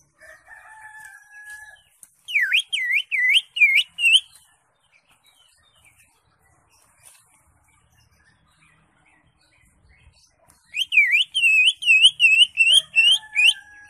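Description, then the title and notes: Greater Green Leafbird song: rapid series of swooping V-shaped whistles, about three per second, in two bouts separated by quiet, with a steady flat tone before and after. Caged-bird context; used as a master training recording for teaching captive Greater Green Leafbirds to sing. "Suara Burung Cucak Ijo. mantap buat masteran burung cak ijo"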